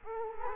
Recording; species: mosquito wingbeat signal from an infrared sensor; Culex quinquefasciatus